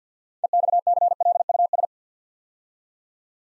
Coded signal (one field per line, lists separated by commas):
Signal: Morse code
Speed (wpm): 48 wpm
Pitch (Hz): 700 Hz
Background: none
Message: EXCLUS